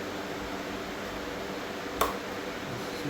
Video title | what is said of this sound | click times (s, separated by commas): 01 F150 IAC and EGR Replacement on LOBO | rotate here snap | 2.0 s